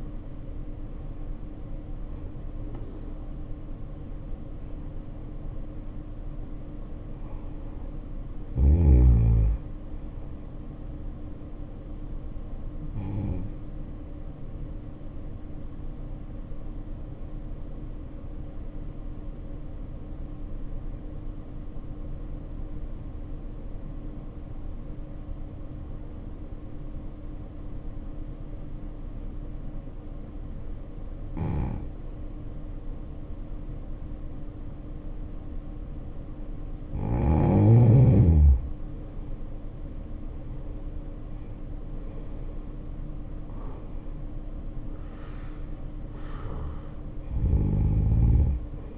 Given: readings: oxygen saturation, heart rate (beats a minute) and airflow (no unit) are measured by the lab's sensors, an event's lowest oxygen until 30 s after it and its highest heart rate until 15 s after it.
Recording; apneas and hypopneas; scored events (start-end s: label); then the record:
breathing in sleep by a smartphone at the bedside; 1
17.00-38.10 s: obstructive apnea (N1, oxygen 95% highest, then 79% lowest, heart rate 56 at the start, 71 highest)
20.00-48.98 s: new sleep stage, N2 (light sleep)
From the record:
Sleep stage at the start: N1 (lightest sleep); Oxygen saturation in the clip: 75 to 95%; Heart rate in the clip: 55 to 71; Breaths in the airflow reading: 7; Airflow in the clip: -8.5 to 7.8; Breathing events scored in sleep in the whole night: 520 in 7.2 hours asleep